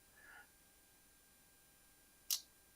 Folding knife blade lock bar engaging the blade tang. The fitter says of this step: snaps right in right about there